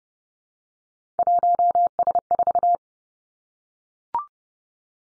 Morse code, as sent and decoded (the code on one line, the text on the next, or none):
.---- ... ....-
1S4